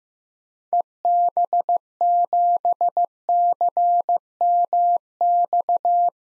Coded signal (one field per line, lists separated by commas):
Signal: Morse code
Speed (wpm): 15 wpm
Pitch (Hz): 700 Hz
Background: none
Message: EB7CMX